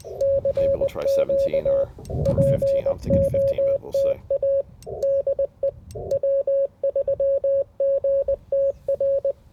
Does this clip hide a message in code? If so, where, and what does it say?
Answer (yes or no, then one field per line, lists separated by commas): yes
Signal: Morse code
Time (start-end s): 0.2-9.3 s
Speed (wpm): 20 wpm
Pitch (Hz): 560 Hz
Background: speech, radio noise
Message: CQ POTA DE W3GTR